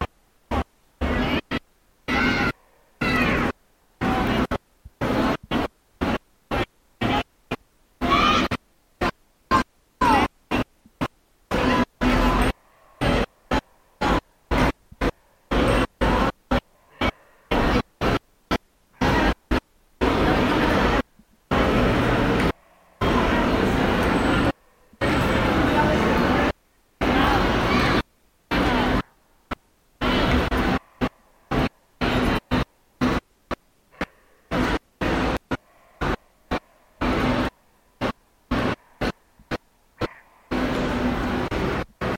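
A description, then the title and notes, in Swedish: Busy ambience inside a run-down Havana shopping mall, murmuring voices and traffic-like rumble, chopped into short bursts by frequent abrupt silences throughout. Den första kommer från den postapokalyptiska gallerian Carlos III i Havanna, Kuba.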